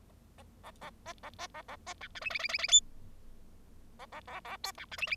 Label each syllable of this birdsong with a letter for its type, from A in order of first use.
A A B A B A A B C D E E E E E F A A A A G C D E E